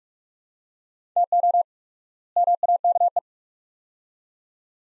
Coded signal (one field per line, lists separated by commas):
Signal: Morse code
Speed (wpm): 42 wpm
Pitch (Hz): 700 Hz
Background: none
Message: TO MAKE